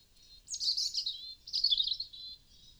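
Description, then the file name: European robin giving two short, high, tinkling warbled phrases in quick succession, sweet and slightly scratchy. "Erithacus rubecula"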